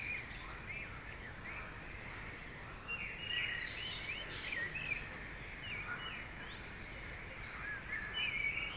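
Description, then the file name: Birds calling at night, short thin chirps and whistled slurs scattered over a steady hiss of background noise. Recorded around 3 o'clock at night. "okolo 3 chasov nochi ptici protiv lyagushek"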